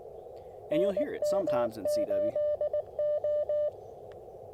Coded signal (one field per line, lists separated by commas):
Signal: Morse code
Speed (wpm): 20 wpm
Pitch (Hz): 600 Hz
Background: speech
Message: NM8O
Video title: QRP CW at Tuskegee National Forest - 1/28/24